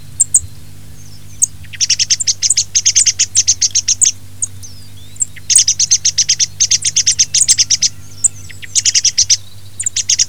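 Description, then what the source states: Thrush calling in hurried strings of sharp, high chip notes, several long runs with brief gaps, and a low steady hum below. Filtered recording.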